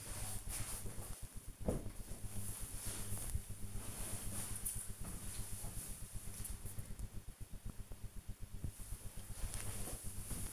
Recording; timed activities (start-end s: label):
household activities, microphone on the right wrist
0.00-1.97 s: folding laundry